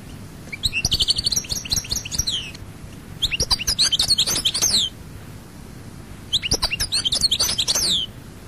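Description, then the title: European goldfinch song in three bursts of rapid, liquid twittering with buzzy, descending notes, each burst lasting about one and a half to two seconds. "Chant Chardonneret"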